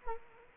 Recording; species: mosquito wingbeat signal from an infrared sensor; Culex quinquefasciatus